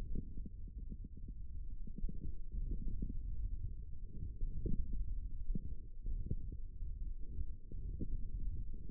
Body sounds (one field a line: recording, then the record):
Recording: forearm muscle sounds (acoustic myography)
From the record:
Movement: hand closing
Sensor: system 1, eight BSWA MPA416 microphones around the upper forearm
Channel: 2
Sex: male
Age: 18 years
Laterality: right